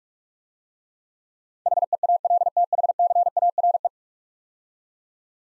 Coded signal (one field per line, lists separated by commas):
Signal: Morse code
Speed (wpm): 44 wpm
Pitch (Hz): 700 Hz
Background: none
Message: HEALTHCARE